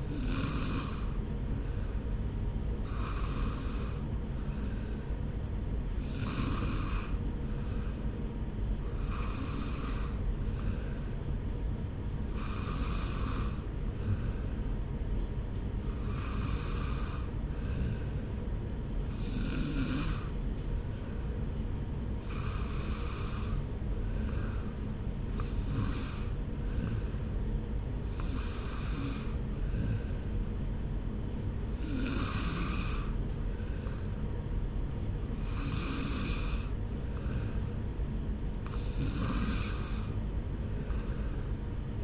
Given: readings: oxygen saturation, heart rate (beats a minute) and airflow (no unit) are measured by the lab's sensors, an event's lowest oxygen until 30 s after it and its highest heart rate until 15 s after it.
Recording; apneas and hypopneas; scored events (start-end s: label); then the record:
breathing in sleep by a smartphone at the bedside; none
none scored
From the record:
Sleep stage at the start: N3 (deep sleep); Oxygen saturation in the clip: 93 to 94%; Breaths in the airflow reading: 13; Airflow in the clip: -0.8 to 0.8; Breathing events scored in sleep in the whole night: 335 in 6.7 hours asleep